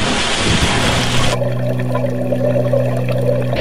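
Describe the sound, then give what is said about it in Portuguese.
A loud, broad rush of churning water at the back of a boat fills the first second or so, then cuts away to a steady low boat-engine hum with a faint watery hiss underneath. “Foi na parte de atrás do barco. Ves algo? Non, mas ves a auga algo revolta.”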